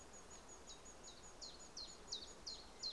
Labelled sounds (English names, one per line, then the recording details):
Common Chiffchaff
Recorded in Germany
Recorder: ecoPi